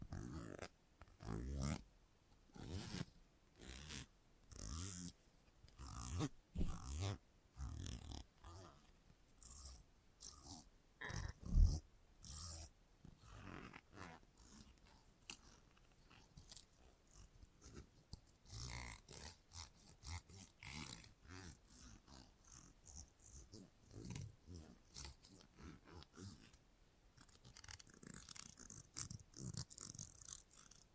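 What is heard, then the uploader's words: Salon haircut sounds: a run of short, crisp snips and rustles that come in quick bursts, with brief pauses between them. One sharper click lands near the twelve-second mark. Toward the end the sounds thin into a softer, steadier brushing hiss. Salon Haircut Head Massage, Scissors and Clipper.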